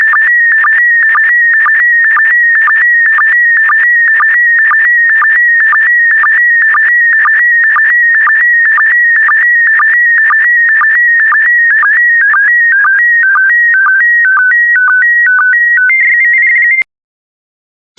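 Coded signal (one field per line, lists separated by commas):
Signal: SSTV (slow-scan television)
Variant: PD120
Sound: warbling electronic tone hopping between pitches with rapid regular low chirps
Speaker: get ready starting transmission in 5 4 3 2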